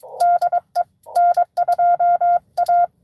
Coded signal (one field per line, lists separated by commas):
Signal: Morse code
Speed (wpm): 23 wpm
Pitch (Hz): 700 Hz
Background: none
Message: DE N2A